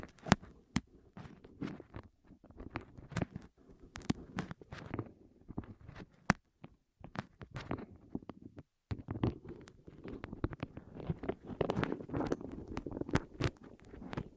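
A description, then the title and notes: Soft rolling and rubbing sounds with frequent sharp crisp clicks and taps, low muffled rumbling throughout, briefly silent just before nine seconds. ASMR Rolling On Your Ears (No Talking).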